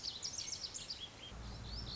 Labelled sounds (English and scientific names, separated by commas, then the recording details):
Lazuli Bunting (Passerina amoena)
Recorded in Sonoma County, California